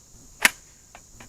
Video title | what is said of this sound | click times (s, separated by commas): Range Review of the Range BenchLoader and the American Tactical 60 round mgazine | till it clicks clicks and locks in so that's a good thing | 0.4 s